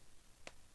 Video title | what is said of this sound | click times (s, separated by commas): McFarlane Toys DC Multiverse Target Exclusive Jokerbot Wave Batman Beyond Review | tricky to get on there but once you hear the snap of satisfaction in the clear | 0.5 s